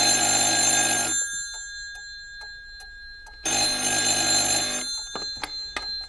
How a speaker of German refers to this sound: In meinem Büro war es immer noch kalt. Das Telefon klingelte.